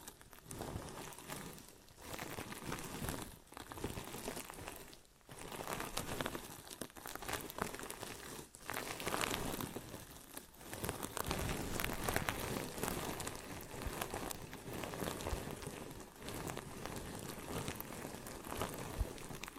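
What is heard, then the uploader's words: Dense rubbing and scratching of an ear and scalp massage, a crackly rustle that sounds almost like rain on a surface. It runs nearly continuously, with brief pauses around 2, 3.5, 5, 10 and 16 seconds before the rubbing resumes. ASMR Ear & Scalp Massage and Cleaning Before Sleep (No Talking).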